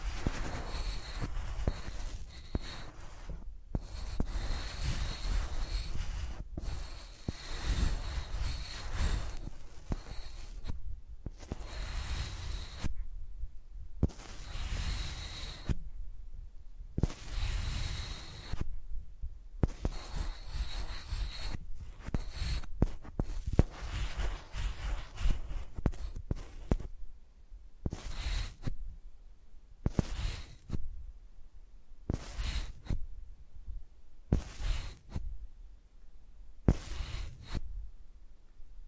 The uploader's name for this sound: ASMR Using Mics as Pencils (No Talking)